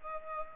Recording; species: mosquito wingbeat signal from an infrared sensor; Culex pipiens